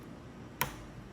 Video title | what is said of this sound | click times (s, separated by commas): PSE MACH 34 - WHITETAIL ARROW TUNE! | pops right in that cam is now shimmed tighten your axles | 0.6 s